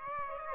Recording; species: mosquito wingbeat signal from an infrared sensor; Aedes aegypti